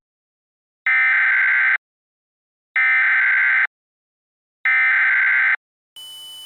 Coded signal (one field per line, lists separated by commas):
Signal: Emergency Alert System (SAME) tones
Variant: header bursts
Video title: (EAS Scenario Teaser) Fire Among The Iowa Fog